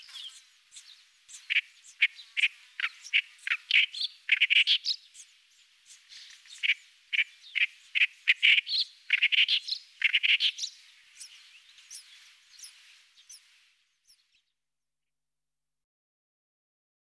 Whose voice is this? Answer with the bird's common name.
Clamorous Reed Warbler